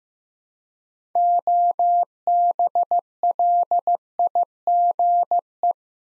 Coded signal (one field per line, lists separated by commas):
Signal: Morse code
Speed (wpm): 15 wpm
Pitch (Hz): 700 Hz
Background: none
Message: OBLIGE